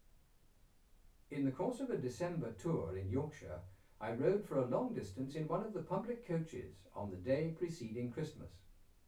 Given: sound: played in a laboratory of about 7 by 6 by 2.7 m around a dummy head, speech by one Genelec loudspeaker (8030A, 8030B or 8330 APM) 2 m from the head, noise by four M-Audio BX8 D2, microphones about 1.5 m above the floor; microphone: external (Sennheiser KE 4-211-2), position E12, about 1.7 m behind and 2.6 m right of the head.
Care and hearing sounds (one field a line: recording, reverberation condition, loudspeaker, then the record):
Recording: male speech in English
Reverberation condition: low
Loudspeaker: 150 degrees to the left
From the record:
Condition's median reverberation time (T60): about 310 ms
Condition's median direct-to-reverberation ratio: about 3.5 dB